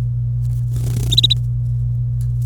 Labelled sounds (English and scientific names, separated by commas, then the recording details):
Domestic Canary (Serinus canaria) song
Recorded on 26 April 2018 at 08:15
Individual llb3